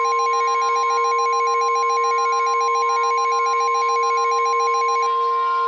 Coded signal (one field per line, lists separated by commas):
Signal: Emergency Alert System (SAME) tones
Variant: 1050 Hz attention tone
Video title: Nightmare in The Metroplex - EAS Scenario